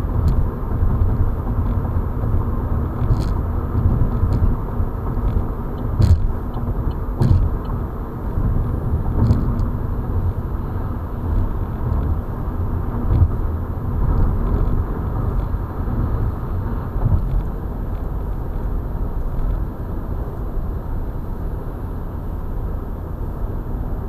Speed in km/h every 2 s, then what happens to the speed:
94, 94, 95, 94, 95, 97, 98, 97, 96, 96, 96, 95.
0-24 steady at about 95.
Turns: none.